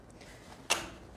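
A pushchair hood is pushed all the way down and its plastic clip goes into its lowered position on the pushchair seat frame. A faint tick at 0.1 s is followed by a loud, short snap at 0.7 s that fades quickly. The clip snaps and seats into place.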